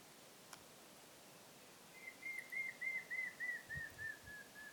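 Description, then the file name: Montezuma quail call: a long tremulous whistle broken into pulsing notes, sliding gradually downward, with a faint rustle near the end. "Cyrtonyx montezumae - Montezuma Quail"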